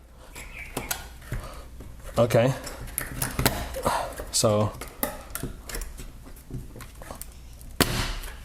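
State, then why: Seated. A plastic bumper is pushed onto the base of a Formlabs Form 2 3D printer while someone talks, with scattered plastic knocks and taps along the way. It snaps home with a sharp click at 7.8 s, and it is confirmed locked in place so it no longer slides.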